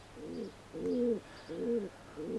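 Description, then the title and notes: Feral pigeon giving soft, low rolling coos, a few short phrases one after another. "Viikon luontoääni: Kesykyyhky. Juha Laaksonen"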